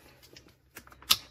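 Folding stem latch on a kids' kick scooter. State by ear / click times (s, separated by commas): seated / 1.1 s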